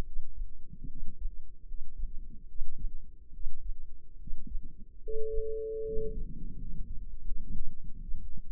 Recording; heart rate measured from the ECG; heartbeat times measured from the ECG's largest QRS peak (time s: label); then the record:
heart sounds by microphone in the left ear; 75 bpm
0.02 s: heartbeat
0.86 s: heartbeat
1.64 s: heartbeat
2.45 s: heartbeat
3.30 s: heartbeat
4.16 s: heartbeat
4.99 s: heartbeat
5.82 s: heartbeat
6.55 s: heartbeat
7.22 s: heartbeat
7.98 s: heartbeat
From the record:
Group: healthy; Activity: rest 0-5 s, Valsalva maneuver 5-9 s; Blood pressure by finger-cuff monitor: 120/68 mmHg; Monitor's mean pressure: 79 mmHg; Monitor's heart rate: 71 bpm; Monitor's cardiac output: 5.4 L/min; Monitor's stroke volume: 75 mL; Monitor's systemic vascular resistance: 1060 dyn s/cm5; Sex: male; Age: 20 years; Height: 167 cm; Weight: 61 kg